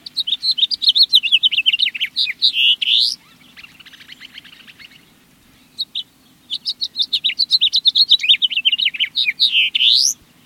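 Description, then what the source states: House Finch song: two long warbling phrases of rapid varied chirps and twitters, each ending in a buzzy rising slur, separated by a softer chattering pause; faint low hum beneath. Song of a garden bird that a bird-friendly yard could attract.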